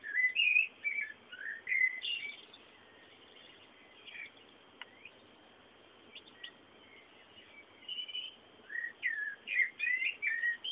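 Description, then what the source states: A bird chirps in quick phrases at the start and end, with a quieter stretch of faint notes and hiss in between. Background bird sounds.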